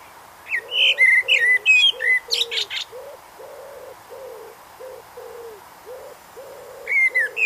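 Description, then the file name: Common blackbird song: low fluted warbling phrase ending in high squeaky twitters, then a second phrase begins near the end; a dove coos steadily underneath throughout. "Turdus merula"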